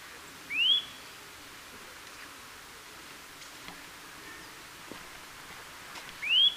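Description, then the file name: Eurasian nuthatch whistling two upslurred calls, one at the start and one at the end, with quiet ticking sounds between. "Sitta europaea"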